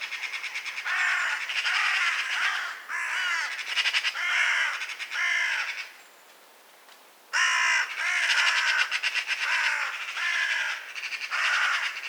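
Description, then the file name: Eurasian magpie chattering loudly in long harsh rattling series, each phrase made of rapid rasping notes, pausing briefly midway before resuming. "Pica pica"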